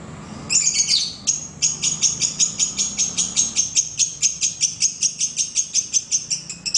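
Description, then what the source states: Lovebird chirping song: a rapid run of sharp, high chirps, with a low background rumble. Lovebird named Putri Mentaya.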